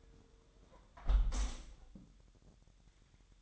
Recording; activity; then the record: daily activity, microphone in the room; close window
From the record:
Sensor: 3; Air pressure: 999.8 hPa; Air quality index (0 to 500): 219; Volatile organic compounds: 80 ppm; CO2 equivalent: 3604 ppm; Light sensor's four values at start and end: 9/22/9/9 and 9/22/9/9